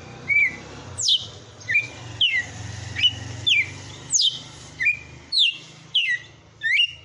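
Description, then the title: Red-cowled cardinal delivering rapid, ringing whistled notes, some sliding down steeply and others rising, around eleven in seven seconds, over a low humming background. Female. "Canto Galo Campina Fêmea"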